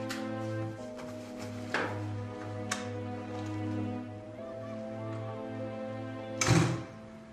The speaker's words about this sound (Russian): Дверь за Марком захлопнулась.